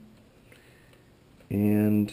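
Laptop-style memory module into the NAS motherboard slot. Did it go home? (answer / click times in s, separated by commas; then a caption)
no / none. A second 2GB laptop-style SODIMM memory module is handled at the inner slot of a QNAP 659 Pro II NAS motherboard during a 4GB memory upgrade. A faint tick is heard near 0.5 s over low handling noise, then someone talks from about 1.5 s to 2.1 s. Nothing has seated or clicked yet.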